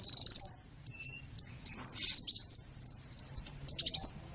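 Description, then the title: Van Hasselt's sunbird song, high thin twittering with short sweeping whistles and rapid buzzy trills in quick bursts, separated by brief pauses; no other clear sounds. Local name kolibri ninja (konin); song filler (isian) used as a training recording (masteran) for cage birds. "MASTERAN BURUNG. Isian Kolibri ninja (konin)"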